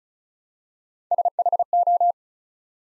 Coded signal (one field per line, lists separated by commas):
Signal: Morse code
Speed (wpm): 36 wpm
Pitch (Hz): 700 Hz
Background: none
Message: SHO